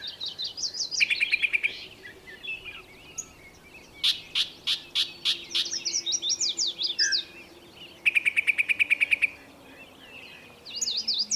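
Bird song: rapid high trills, a series of sharp notes and scratchy warbling phrases.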